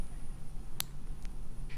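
A hinged metal removable pendant bail is snapped shut onto a pendant close to a microphone, giving one sharp, bright click at 0.8 s over a low steady hum. A much fainter tick follows at about 1.25 s. The bail is seated and locked so it won't fall off.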